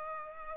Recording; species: mosquito wingbeat signal from an infrared sensor; Culex pipiens